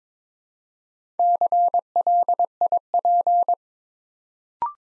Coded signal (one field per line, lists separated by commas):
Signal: Morse code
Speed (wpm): 22 wpm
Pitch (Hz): 700 Hz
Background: none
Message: CLIP